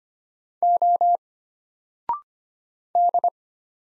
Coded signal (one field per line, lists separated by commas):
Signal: Morse code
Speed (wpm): 25 wpm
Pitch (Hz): 700 Hz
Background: none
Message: O D